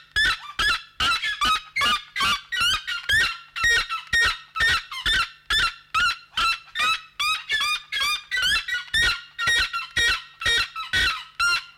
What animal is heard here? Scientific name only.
Cariama cristata